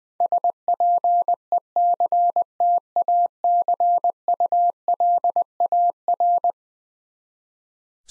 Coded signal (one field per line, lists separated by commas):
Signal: Morse code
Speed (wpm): 20 wpm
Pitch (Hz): 700 Hz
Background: none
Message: SPECTACULAR